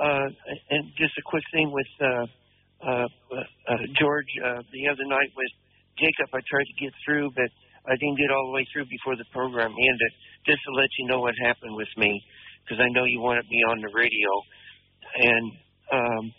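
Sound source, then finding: Man over telephone line. Typical speech.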